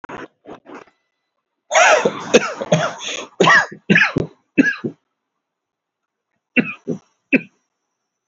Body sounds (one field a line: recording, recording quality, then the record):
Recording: shallow voluntary cough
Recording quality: excellent, no background noise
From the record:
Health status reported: healthy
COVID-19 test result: not tested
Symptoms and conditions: none ticked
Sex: male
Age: 41 years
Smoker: not ticked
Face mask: not worn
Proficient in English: yes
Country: India